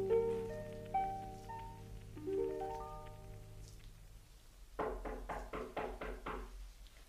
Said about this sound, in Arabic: من يدق الباب؟ من؟